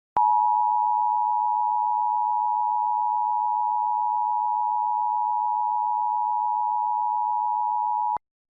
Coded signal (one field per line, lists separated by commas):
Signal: Emergency Alert System (SAME) tones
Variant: 853 and 960 Hz attention tone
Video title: EAS Tests from Pennsylvania and New Jersey [EAS #101-114]